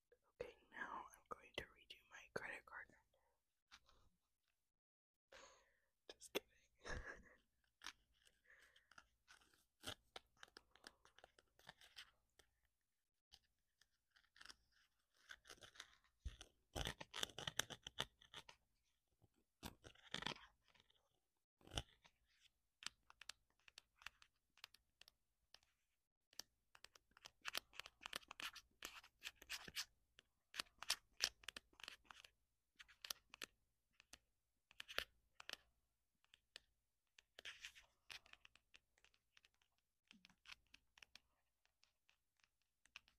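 Crisp tapping and scratching on small objects, with bursts of quick clicks and rustling that come and go throughout. The sounds are bright and dry, packed densely in places around 15–20 and 27–35 seconds, with brief quiet gaps between handling.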